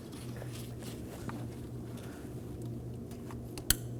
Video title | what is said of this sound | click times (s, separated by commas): How to Replace Vapor Canister Purge Solenoid Valve 2011-2016 Kia Optima 2.4L L4 | When you plug it in, make sure you hear a click and just give it a light tug to make sure that it is in place. | 3.7 s